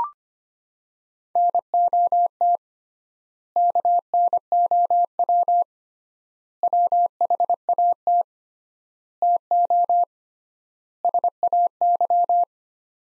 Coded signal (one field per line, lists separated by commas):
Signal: Morse code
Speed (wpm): 25 wpm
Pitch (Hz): 700 Hz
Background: none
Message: NOT KNOW WHAT TO SAY